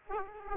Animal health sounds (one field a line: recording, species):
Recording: mosquito wingbeat signal from an infrared sensor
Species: Aedes aegypti